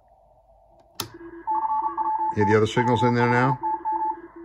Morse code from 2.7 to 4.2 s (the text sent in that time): W5TM